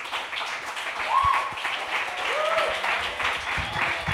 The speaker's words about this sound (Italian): fate un grandissimo applauso, continuate a farlo.